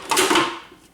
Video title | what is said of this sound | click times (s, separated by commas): Sage by Heston Blumenthal the Nutri Juicer Honest Review @sageappliances | so, and then that clicks in place. | 0.1 s